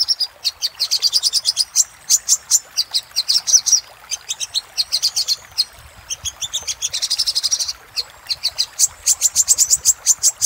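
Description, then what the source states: Little spiderhunter producing repeated piercing chips in rhythmic bursts, with short pauses between them. Master recording for training cage birds, labelled 'Labaik'.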